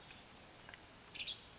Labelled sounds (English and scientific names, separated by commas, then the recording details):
Western Tanager (Piranga ludoviciana)
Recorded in Sonoma County, California